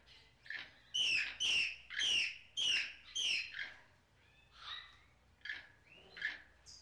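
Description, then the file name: Parrot calls, a run of sharp, high chirping squawks repeated about twice a second, then softer, more scattered chirps toward the end. Recorded in a garden. "Popugai v sadu"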